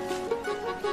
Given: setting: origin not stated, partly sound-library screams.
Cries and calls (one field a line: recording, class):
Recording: one-second piece from a danger detection set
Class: normal situation